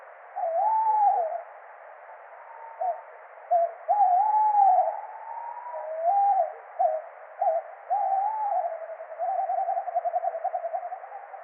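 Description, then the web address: Tawny owl calling: a series of low, wavering hoots and quavering notes, some short and some drawn out, ending in a tremulous run. "strix aluco call"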